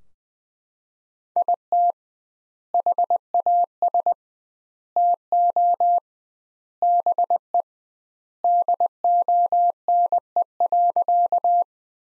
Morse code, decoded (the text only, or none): IT HAS TO BE DONE.